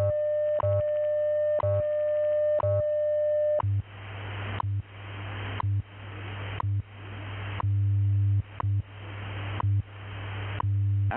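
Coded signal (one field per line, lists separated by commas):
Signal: radio time signal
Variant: WWV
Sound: steady buzzy 600 Hz tone broken each second, then ticking static bursts with low hum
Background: radio static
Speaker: At the tone, 16 hours, 1 minute, Coordinated Universal Time.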